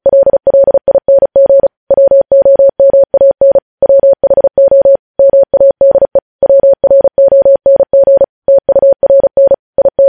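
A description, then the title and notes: Morse code sent as a single steady mid-pitched beep, switching rapidly on and off in short dots and longer dashes. The keying is fast and fairly even, with brief gaps between letters and a slightly longer pause near the four-second mark. No other sounds are present. Morse code.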